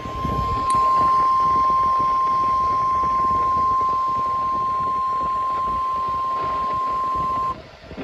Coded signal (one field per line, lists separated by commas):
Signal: Emergency Alert System (SAME) tones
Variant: 1050 Hz attention tone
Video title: (EAS #296) Severe Thunderstorm Warning for Multiple KMKX Counties